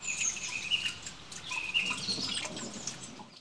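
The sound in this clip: Bird chirping: several high, thin, quick chirps and tweets over a few seconds, with light background noise.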